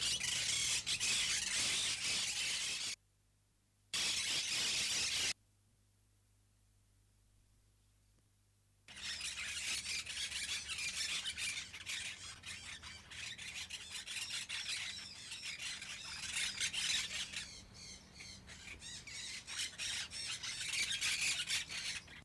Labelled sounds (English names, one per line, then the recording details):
Monk Parakeet call
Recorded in captivity
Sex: group
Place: Tiergarten Wilhelma/Stuttgart, Baden-Württemberg, DE
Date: 2005-03-14 15:07
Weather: heiter, 5-8°C
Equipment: Sony WM-D6C, Sony ECM-MS 907, Kopie Uher 4000 Report Monitor
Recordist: Tembrock, Günter